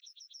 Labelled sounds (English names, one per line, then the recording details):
Yellowhammer song
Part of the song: start
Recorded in the Czech Republic on 7 May 2013
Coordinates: 49.127, 17.800
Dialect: BC
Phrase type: B52
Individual 287980